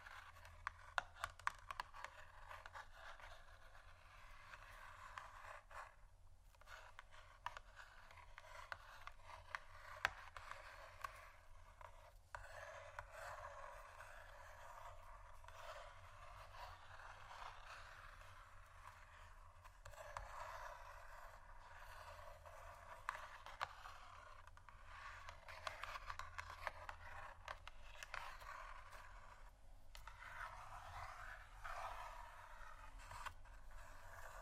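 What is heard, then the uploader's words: Cardboard is scratched and rubbed continuously for the whole stretch, a dense, papery scraping with brief pauses near 6, 12 and 20 seconds. Sharp little taps poke out irregularly throughout, and a steady low hum sits underneath. ASMR Scratching & Tapping Cardboard Boxes（No Talking）.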